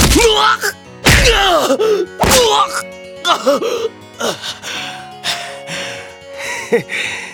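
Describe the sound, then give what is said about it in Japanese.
In a Tales of Phantasia drama CD scene, two sharp, heavy fist punches land about a second apart as a man is punished for eating another man's favorite donut, each followed by a strained, pained groan from a man; more grunting and moaning trail off afterward. “旦那の鉄拳制裁か、なかなかパンチが効いてな。”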